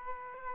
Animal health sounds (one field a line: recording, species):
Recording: mosquito wingbeat signal from an infrared sensor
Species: Aedes aegypti